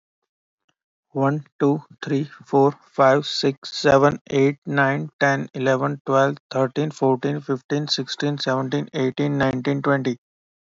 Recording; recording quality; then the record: counting at a normal pace; excellent, no background noise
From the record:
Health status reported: healthy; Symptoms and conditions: none ticked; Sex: male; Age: 23 years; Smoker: not ticked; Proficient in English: yes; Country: India